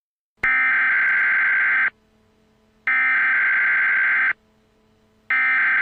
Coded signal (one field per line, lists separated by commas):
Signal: Emergency Alert System (SAME) tones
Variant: header bursts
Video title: An Alien Invasion EAS Scenario: Live and Uncut